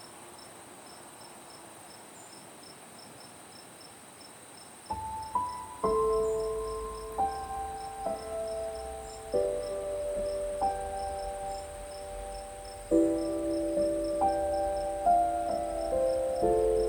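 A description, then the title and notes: Crickets chirp steadily throughout, a high, even pulsing trill in the background. About five seconds in, a soft piano enters with slow, sustained notes in the middle register, a new chord or note roughly every second, each left ringing as the next begins. Relaxing Sleep Music and Night Nature Sounds - Soft Crickets, Beautiful Piano, Deep Sleep Music.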